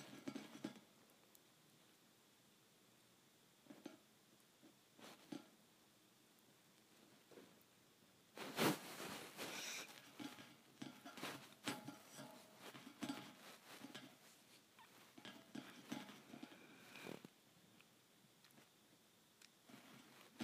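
Metal bars tap against metal in short, sharp clinks, sparse at first with quiet gaps. Near the nine-second mark a loud scraping clatter breaks in, and from there the taps come quicker and more irregular before thinning out again toward the end.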